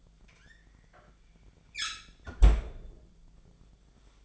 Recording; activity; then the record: daily activity, microphone in the room; close fridge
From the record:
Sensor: 5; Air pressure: 1009.7 hPa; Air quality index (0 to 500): 160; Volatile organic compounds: 4 ppm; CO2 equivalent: 1561 ppm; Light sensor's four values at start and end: 109/283/117/124 and 108/279/115/122